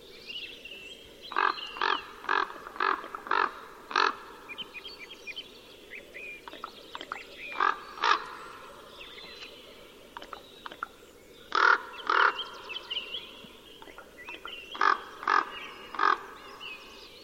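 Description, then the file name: Common raven calls, harsh hoarse notes given in bursts of two to several, with pauses between bursts. "voron golos"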